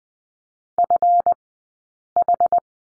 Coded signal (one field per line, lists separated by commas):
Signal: Morse code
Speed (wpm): 20 wpm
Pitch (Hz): 700 Hz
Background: none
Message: FH